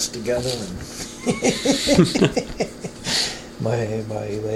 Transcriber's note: laughs